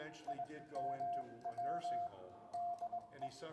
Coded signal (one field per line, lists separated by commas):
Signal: Morse code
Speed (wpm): 22 wpm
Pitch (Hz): 700 Hz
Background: speech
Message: IMW DE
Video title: W1BB Returns to the Air! Historic Ham Radio Special Event at Charles River Museum - Vertical View